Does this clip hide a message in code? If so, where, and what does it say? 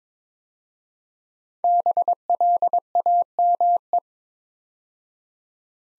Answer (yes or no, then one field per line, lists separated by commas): yes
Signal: Morse code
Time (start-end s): 1.6-4.0 s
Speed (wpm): 23 wpm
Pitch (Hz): 700 Hz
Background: none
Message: BLAME